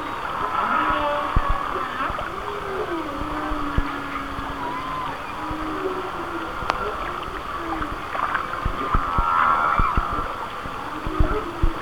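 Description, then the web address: Whale song: low moaning tones drift and waver beneath higher squeals and whistles, with frequent sharp clicks throughout. "Whale Songs Whale Songs"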